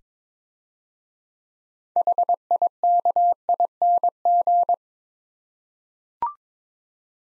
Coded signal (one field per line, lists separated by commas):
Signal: Morse code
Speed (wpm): 22 wpm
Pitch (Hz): 700 Hz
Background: none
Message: HIKING